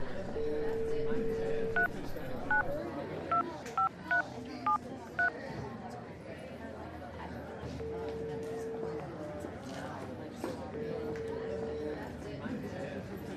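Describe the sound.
A telephone number is dialed: a steady dial tone gives way to a quick run of about eight sharp touch-tone beeps, followed by two long ringback tones, all over a low murmur of background voices.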